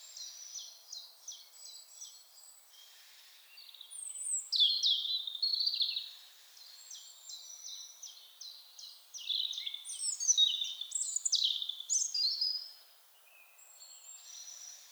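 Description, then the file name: European robin song, high tinkling phrases of ticks, thin whistles and quick warbles, with two louder surges of rapid notes and short quiet gaps between them. "Erithacus rubecula"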